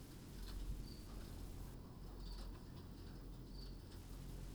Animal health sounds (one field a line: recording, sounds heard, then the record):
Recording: poultry house recording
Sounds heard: no chicken sound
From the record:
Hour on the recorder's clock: 21